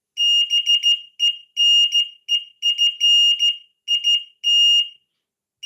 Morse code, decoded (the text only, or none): BENEFIT